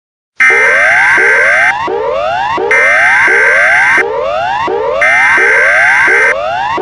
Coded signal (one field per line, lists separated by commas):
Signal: Emergency Alert System (SAME) tones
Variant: header bursts